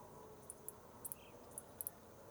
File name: Ambiente no por do sol com grilos e muitos insetos